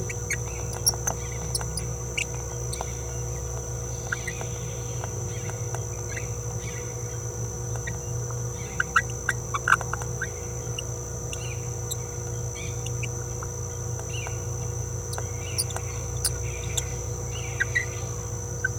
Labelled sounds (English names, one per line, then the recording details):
Green-rumped Parrotlet babbling
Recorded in a nest box in Venezuela
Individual 18B17A3